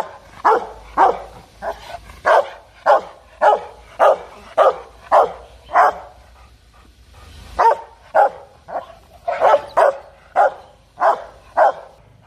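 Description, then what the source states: Dog barking steadily and insistently, about two barks a second, with a brief pause before the rapid series starts again. Dog barking fiercely.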